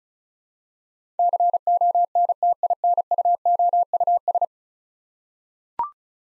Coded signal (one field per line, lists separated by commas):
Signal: Morse code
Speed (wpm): 36 wpm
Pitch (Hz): 700 Hz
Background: none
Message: CONTINUOUS